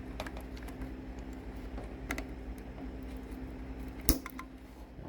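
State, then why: Seated. A wired plastic connector is pushed onto its header on the limit switch wiring of a Crossfire Pro limit switch kit inside the control box, over a steady low hum with light clicks and taps. The locking tab gives a sharp click at 4.1 s, meaning the tab is locked and the connector is seated on.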